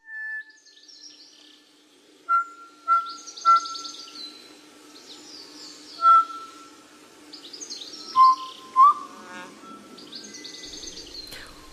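North Island kokako song: slow, clear, organ-like notes, one drawn into a long held tone, with higher fluttering phrases and a low steady hum beneath.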